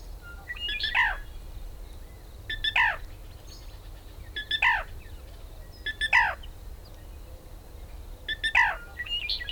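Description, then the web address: Black rail calling, a short clicking start followed by a sharp descending note, repeated about every two seconds over a low steady background hum. Ki-ki-doo call. "beislab rail 1 blra kkd"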